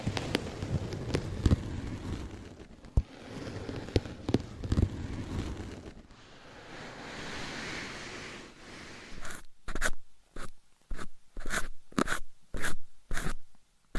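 Scratching and tapping: for the first six seconds a dense, rumbling rub is punctuated by sharp taps every second or so. A softer, steady brushing follows, then from about nine seconds come regular, crisp scratchy strokes roughly twice a second, separated by silence.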